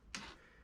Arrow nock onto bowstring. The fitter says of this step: above the brass stopper and it will click in place